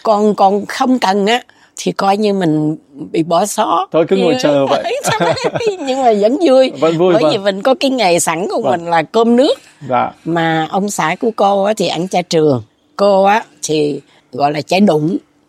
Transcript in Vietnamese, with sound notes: Còn không cần thì coi như mình bị bỏ xó.
Thôi cứ ngồi chờ vậy [tiếng cười]
Nhưng mà vẫn vui. Bởi vì mình có cái nghề sẵn của mình là cơm nước. Mà ông xã của cô thì ăn chay trừ, cô thì gọi là chay đụng.